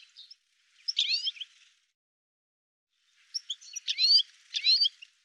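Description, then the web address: Bird giving bursts of high, twittering chirps: a short phrase, a pause of about a second and a half, then more tangled, chirpy phrases. "cianscape birddata"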